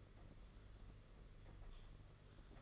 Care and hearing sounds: daily activity, microphone in the room; typing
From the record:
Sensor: 4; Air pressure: 992.6 hPa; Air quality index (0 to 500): 137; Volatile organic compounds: 62 ppm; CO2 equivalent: 3435 ppm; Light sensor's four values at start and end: 19/66/24/25 and 19/66/24/25

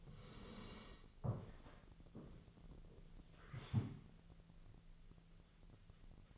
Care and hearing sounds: daily activity, microphone in the room; sit down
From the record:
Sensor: 4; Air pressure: 1001.3 hPa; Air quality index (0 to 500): 182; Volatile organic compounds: 2 ppm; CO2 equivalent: 1306 ppm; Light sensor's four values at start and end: 15/34/14/14 and 15/34/14/14

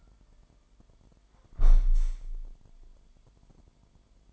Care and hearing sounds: daily activity, microphone in the room; close window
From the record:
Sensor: 5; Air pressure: 998.6 hPa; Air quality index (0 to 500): 102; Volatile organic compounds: 2 ppm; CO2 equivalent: 1172 ppm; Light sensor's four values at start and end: 34/85/35/40 and 34/84/35/40

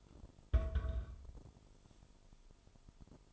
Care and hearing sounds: daily activity, microphone in the room; place on stove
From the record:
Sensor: 5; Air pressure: 988.4 hPa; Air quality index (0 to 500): 206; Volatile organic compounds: 86 ppm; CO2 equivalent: 3657 ppm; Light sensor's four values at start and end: 47/140/55/60 and 48/142/56/61

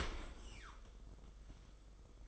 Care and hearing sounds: daily activity, microphone in the room; open dishwasher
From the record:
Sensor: 5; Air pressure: 990.6 hPa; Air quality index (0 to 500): 161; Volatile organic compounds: 261 ppm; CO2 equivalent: 4388 ppm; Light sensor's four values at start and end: 36/111/43/45 and 36/112/43/46

